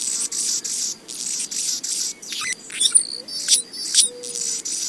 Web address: Songs of Birds of North America Know Your Bird Sounds Common Western Species. Annas Hummingbird